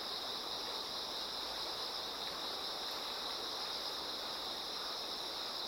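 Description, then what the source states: Insect song forms a constant shrill ringing band above the steady roar of flowing river water. Insects singing in chorus beside a slowly flowing river.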